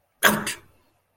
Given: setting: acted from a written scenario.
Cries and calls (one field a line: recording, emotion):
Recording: vocal sound without words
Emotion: pain